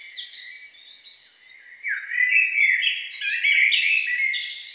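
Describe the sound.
Songbird giving a lively jumble of twittered and slurred notes, thin downslurred whistles repeating on top, growing fuller and louder after the second mark.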